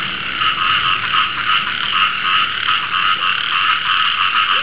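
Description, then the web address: Frog chorus of many overlapping croaks forming an unbroken, throbbing drone throughout. "khajitfoythong frog"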